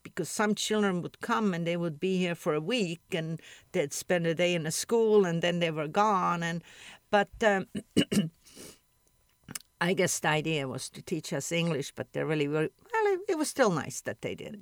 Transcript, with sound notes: Because some children would come and they would be here for a week and they'd spend a day in the school and then they were gone and but um (clears throat) I guess the idea was to teach us English but they really - well it - it was still nice, that they did.